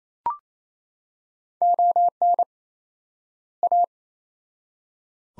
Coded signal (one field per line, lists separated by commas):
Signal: Morse code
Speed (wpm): 28 wpm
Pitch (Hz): 700 Hz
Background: none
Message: ON A